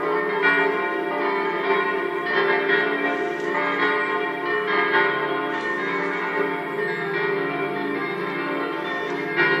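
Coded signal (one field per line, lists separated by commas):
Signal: bell signal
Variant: Italian distesa, five bells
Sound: several large church bells swinging and ringing continuously, overlapping tones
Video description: distesa delle cinque campane minori mezz' ora prima della messa delle 09:30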